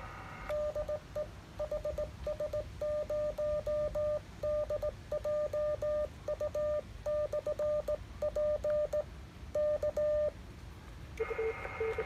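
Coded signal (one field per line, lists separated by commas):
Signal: Morse code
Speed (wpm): 18 wpm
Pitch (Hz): 600 Hz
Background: none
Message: DE HS0DJU/P K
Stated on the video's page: Portable station using a mobile antenna making a CW contact with a special-event station.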